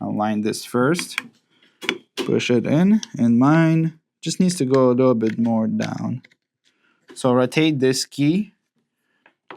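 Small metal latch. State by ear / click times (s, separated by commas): seated / 9.5 s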